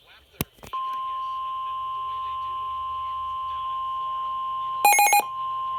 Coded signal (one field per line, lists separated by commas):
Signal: Emergency Alert System (SAME) tones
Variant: 1050 Hz attention tone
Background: speech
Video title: EAS Severe Thunderstorm Warning EAS#64